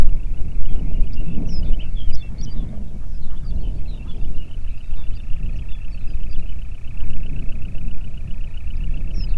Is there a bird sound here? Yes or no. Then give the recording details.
yes. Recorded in the Prudhoe Bay oil fields, Alaska, on 8 June 2019 at 05:19. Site 30